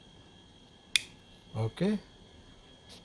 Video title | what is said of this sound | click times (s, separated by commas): Hikvision 8 Channel iDS-7208HQHI-M1/XT Unboxing and Step-by-Step Wizard Guide, Storage Setting | you just heard the click noise. That's perfect. | 1.0 s